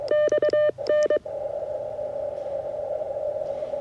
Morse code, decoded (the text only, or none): XN